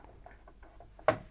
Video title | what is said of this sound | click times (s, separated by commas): Can You Upgrade B450 From Ryzen 5 3600 To Ryzen 7 5700X3D Things To Watch Out For | so you hear the click | 1.1 s